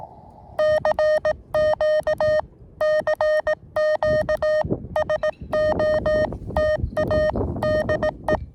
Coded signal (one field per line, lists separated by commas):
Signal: Morse code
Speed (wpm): 18 wpm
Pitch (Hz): 620 Hz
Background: none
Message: CQ CQ SOTA DE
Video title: KD2YDN activating W2/GC-010 Summits On The Air QRP (SOTA) & K-5108 Parks On The Air (POTA)